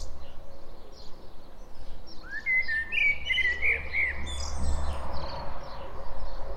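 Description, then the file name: Common blackbird song: one fluting phrase rising into a thin squeaky trill, with a low background rumble and scattered chirps of other birds. "Turdus merula"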